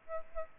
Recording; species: mosquito wingbeat signal from an infrared sensor; Aedes aegypti